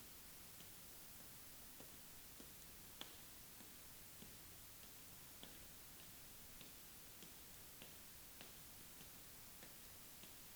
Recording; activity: daily activity, guitar pickup as the sensor; walk